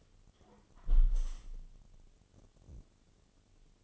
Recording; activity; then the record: daily activity, microphone in the room; close window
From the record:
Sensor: 4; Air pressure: 1015.8 hPa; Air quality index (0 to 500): 82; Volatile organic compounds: 1 ppm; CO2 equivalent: 906 ppm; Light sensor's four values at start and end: 9/20/8/7 and 9/20/8/7